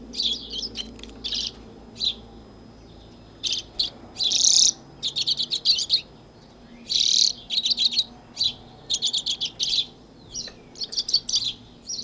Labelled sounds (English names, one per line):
Common Redpoll song